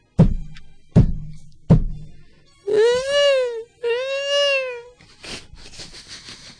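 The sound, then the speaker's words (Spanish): Three loud, evenly spaced knocks on a classroom door, followed by two drawn-out, cat-like wailing cries with a rising and falling pitch, then a softer rustling noise. “Pero de pronto en la puerta se escucharon 3 golpes y 2 arañazos.”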